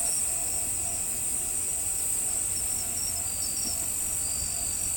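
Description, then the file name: Crickets trilling steadily in a high continuous chorus, with faint tonal hums and low background rumble. "crikets"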